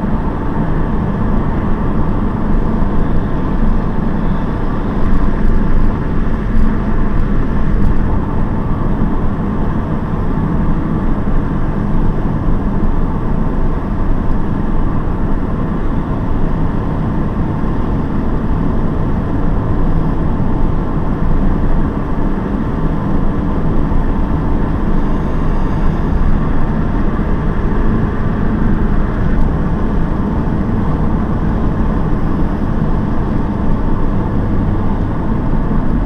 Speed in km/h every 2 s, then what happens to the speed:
82, 82, 82, 81, 81, 80, 78, 77, 78, 79, 81, 83, 85, 86, 86, 85, 81, 81.
0-17 steady at about 81. 17-29 speeds up to 86.